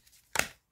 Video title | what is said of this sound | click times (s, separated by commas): Tuto Transformer un disque dur interne en disque externe | pousse ça clipse et voilà c'est fait | 0.4 s